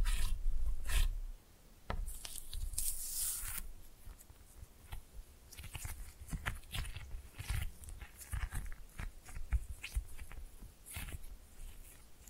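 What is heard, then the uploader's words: Slime being pressed and mixed, with soft squelches, sticky pops and rubbing sounds arriving in quick, uneven bursts. A dense, bright rush fills the first second and returns around three seconds. After a short lull near two seconds, small wet clicks continue irregularly to the end. Slime No Talking (Pressing and Mixing).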